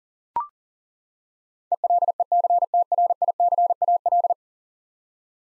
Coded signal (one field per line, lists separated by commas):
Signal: Morse code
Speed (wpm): 37 wpm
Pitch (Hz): 700 Hz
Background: none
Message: ELECTRICAL